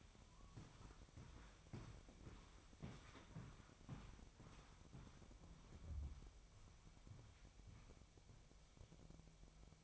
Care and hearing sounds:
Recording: daily activity, microphone in the room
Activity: walk to room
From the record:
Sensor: 1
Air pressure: 999.4 hPa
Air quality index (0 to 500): 198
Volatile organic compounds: 40 ppm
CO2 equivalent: 3144 ppm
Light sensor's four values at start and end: 9/22/9/9 and 10/25/10/10

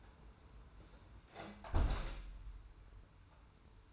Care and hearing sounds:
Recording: daily activity, microphone in the room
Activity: close window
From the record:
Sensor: 2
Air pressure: 991.1 hPa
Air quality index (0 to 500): 130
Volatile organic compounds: 148 ppm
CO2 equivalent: 4013 ppm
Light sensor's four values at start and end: 37/108/42/41 and 37/107/42/40

